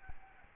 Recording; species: mosquito wingbeat signal from an infrared sensor; Aedes albopictus